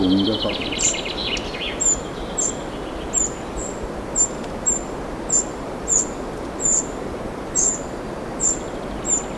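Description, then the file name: Eurasian wren calls: a brief buzzy rattle at the start, then sharp, very high ticking notes repeated roughly every half to one second over steady background hiss. "Troglodytes troglodytes"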